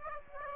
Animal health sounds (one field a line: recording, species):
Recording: mosquito wingbeat signal from an infrared sensor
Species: Aedes aegypti